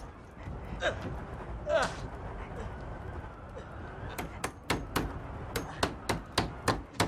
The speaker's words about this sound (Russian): Щеколды нет, заколотите. Нужно досками прибить. В двери гвозди и молоток. Молоток и гвозди вон там!